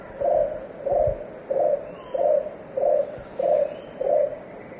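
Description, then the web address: Scarlet-crowned Barbet giving seven evenly spaced low hooting notes, each short and hollow, with a faint thin whistle from another bird in the background. Recorded in the eastern lowlands of South America. "Natures Songs S America Eastern Lowlands. Scarlet-crowned Barbet"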